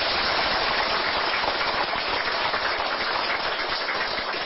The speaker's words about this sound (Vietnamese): Thôi mình cho cúng dường cho đạo tràng một tràng pháo tay.